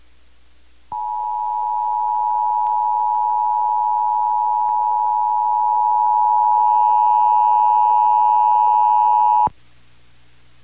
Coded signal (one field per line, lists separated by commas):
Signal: Emergency Alert System (SAME) tones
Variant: 853 and 960 Hz attention tone